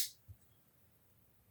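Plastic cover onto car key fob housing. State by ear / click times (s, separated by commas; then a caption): not seated / none. The plastic cover half of a 2016–2018 Volvo XC90 car key fob is handled after its coin battery has been replaced, set on tabs first at the key-ring end before being pressed down. A brief hissy rustle opens the clip, followed by a faint low thump near 0.3 s, and the rest is near-silent. Nothing has seated or clicked yet.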